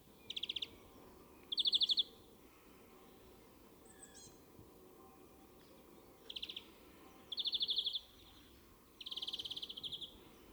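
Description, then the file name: European greenfinch calls: short fast trills of ticking notes in separate bursts, with gaps of a few seconds between groups, faint hum underneath. "Chloris chloris"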